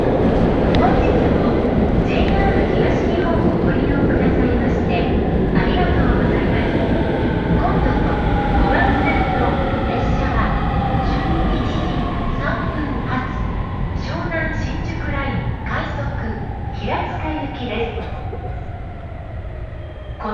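A ride on the Utsunomiya Line train, with a steady, dense low rumble of the carriage running throughout. Voices of passengers chatter on and off over it, and faint whining tones rise and fall as the train moves, the overall noise easing slightly toward the end.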